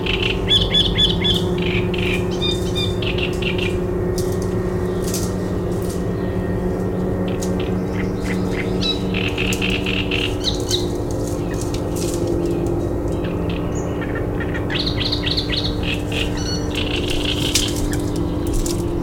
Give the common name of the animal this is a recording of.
Great Reed Warbler